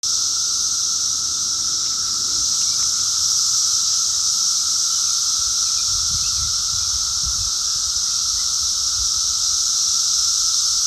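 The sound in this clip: Cicada: a dense, even, high-pitched drone for the whole stretch, with some low rumbling noise near the middle.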